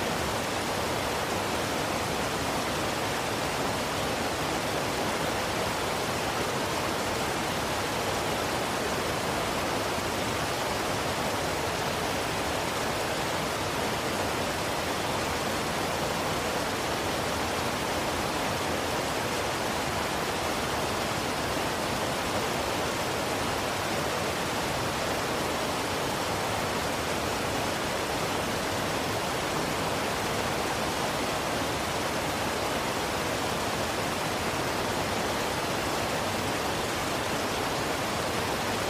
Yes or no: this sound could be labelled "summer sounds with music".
no